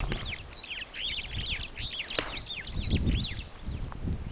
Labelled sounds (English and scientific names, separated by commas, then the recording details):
Superb Starling (Lamprotornis superbus) flight call
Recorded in Kenya